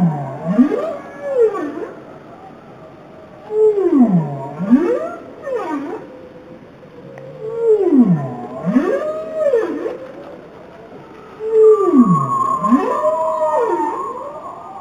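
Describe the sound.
Bowhead whale song: a series of four deep V-shaped swoops, each falling then rising sharply, repeated roughly every four seconds, rich with harmonics.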